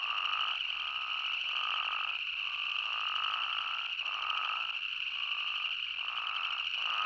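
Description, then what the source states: Spadefoot toads calling in a chorus, notes repeated about once a second over a steady high drone. Recorded 20 May 2015.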